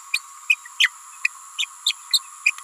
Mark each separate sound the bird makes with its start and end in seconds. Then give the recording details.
0.13-0.21, 0.49-0.56, 0.79-0.90, 1.24-1.28, 1.58-1.66, 1.86-1.95, 2.12-2.19, 2.45-2.51. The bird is a female. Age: 28 days. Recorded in a nest box in Venezuela. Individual 17B31A3